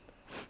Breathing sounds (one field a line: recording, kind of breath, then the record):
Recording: one breath in and out by a microphone near the nose and mouth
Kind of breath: strong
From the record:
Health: marked as sick, illness not named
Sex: female